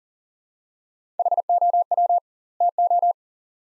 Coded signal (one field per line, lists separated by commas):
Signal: Morse code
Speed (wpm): 40 wpm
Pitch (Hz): 700 Hz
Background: none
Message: HOW TO